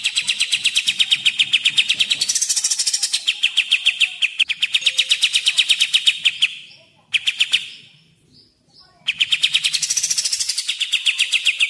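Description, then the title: Grey-cheeked bulbul song of rapid, high, rhythmic chattering notes, running steadily, fading and breaking off briefly, then resuming strongly. Tutor recording (masteran) used for training captive songbirds. "MASTERAN CUCAK JENGGOT"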